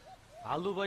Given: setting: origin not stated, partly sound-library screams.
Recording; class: one-second piece from a danger detection set; normal situation